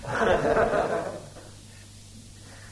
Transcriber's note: laughter